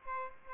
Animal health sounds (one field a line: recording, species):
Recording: mosquito wingbeat signal from an infrared sensor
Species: Aedes albopictus